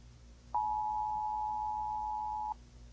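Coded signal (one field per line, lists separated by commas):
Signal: Emergency Alert System (SAME) tones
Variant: 853 and 960 Hz attention tone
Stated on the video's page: Fictional EAS scenario.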